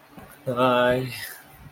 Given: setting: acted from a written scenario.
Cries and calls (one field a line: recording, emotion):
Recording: vocal sound without words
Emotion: awe